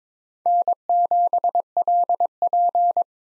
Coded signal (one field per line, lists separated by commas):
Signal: Morse code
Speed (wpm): 22 wpm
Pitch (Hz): 700 Hz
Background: none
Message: N7LP